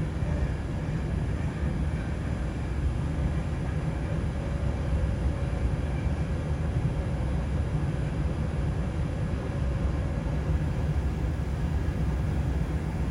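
A steady, dense rumble of a moving train, heavy in the low end, with a faint hum and light rattling clicks throughout.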